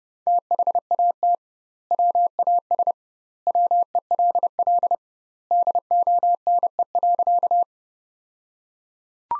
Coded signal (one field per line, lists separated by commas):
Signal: Morse code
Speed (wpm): 29 wpm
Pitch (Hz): 700 Hz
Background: none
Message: THAT WAS WELL DONE.